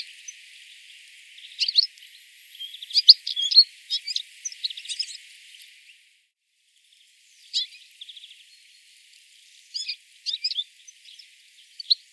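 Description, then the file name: European Goldfinch calls, a run of bright, tinkling twitters and chirps in quick bursts, a pause, then scattered liquid notes resuming. "Carduelis carduelis"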